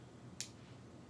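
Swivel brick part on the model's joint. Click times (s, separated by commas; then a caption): 0.4 s. A swiveling plastic brick part of a LEGO Star Wars 75102 Poe's X-Wing Fighter model is pressed onto its joint. A single sharp, bright click sounds at 0.4 s over a quiet background. The joint locks into place.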